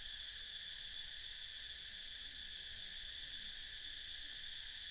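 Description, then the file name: Cicadas produce an even, unbroken shrill drone with a fast throbbing texture, and no other clear sounds stand out. "freesound cicadas"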